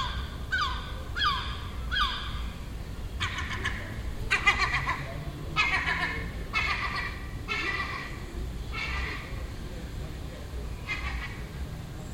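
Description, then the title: Gull giving a loud series of cries, first a few quick downslurred mewing notes, then longer, harsher cries about one per second, over low background noise. Nesting gull on the roof next door in Den Haag, Netherlands, June 18th 2017, making these sounds all day for a week. "Seagull Chatter (Den Haag"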